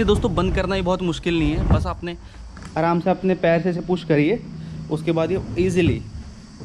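A man talks while the pull-out section of a wooden sofa-cum-bed is being pushed shut with a foot, a frame that locks once fully closed so it won't slide out when sat on. Only his voice is heard over faint background hum. Nothing has seated or clicked yet.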